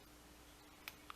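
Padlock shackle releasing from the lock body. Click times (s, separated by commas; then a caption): 0.9 s, 1.1 s. A padlock is single-pin picked with a hook under tension until the final pin sets and the metal shackle pops open. Over a quiet background, a sharp metallic click comes at 0.9 s and a second, slightly softer one at 1.1 s. Either the last pin setting or the shackle releasing could produce them, and the lock ends up open.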